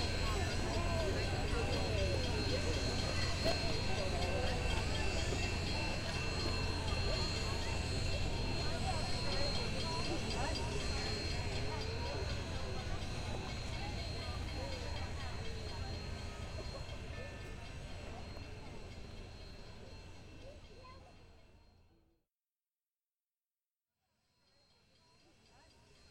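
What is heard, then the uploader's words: Union Pacific No. 844 idles with a steady low rumble under a busy crowd of voices, fading out near twenty-two seconds before a brief silence. 844 Big Boy, Pacific, MO. A stereo field recording from October 2016 in Pacific, Missouri. Union Pacific No. 844 approaching, sitting and then leaving, was made at the intersection of First Street and the train tracks.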